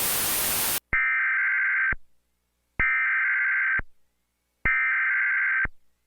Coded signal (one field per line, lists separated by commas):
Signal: Emergency Alert System (SAME) tones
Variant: header bursts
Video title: Carcar city channel has been interrupted by eas